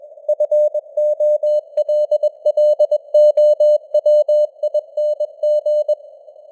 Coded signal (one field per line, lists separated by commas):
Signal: Morse code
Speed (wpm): 21 wpm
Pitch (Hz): 600 Hz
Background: none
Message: FOLLOWING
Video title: Morse Code News | 2025-10-25 | 21wpm